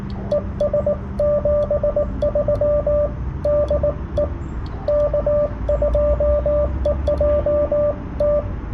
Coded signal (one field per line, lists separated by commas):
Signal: Morse code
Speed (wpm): 18 wpm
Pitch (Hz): 590 Hz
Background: radio noise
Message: ES 73 DE K2EJT